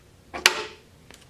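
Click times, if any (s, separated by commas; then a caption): 0.5 s. A clamp carrier's splined hub is slid up into a drone's quick disconnect, with a brief scraping slide just before a sharp, loud click at 0.5 s as the spring collar locks. A faint tick follows at 1.1 s, and the hub is locked in place.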